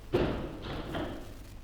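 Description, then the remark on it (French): A heavy street door thuds shut with a dull, fairly loud impact, followed by a couple of softer rattling knocks as it settles into the frame. No one speaks. “Je veux fermer sur vous la porte de la rue.”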